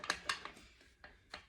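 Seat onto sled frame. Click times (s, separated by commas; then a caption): 0.1 s, 0.3 s. A Brenter C4 seat, facing forward, is slid onto the sled frame after its release button underneath is pulled, and it latches with sharp clicks at 0.1 s and 0.3 s, leaving it tight. A softer tap follows near 0.5 s, and two fainter knocks come at about 1.0 s and 1.3 s.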